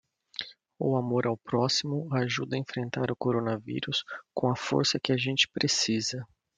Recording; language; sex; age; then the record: spoken sentence; Brazilian Portuguese; male; 40 to 49 years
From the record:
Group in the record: control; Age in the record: 49 years